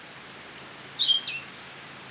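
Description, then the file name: European robin giving a short phrase of high, thin notes, one drawn-out whistle followed by quick downward-sliding chips, against a soft, steady hiss. "Erithacus rubecula"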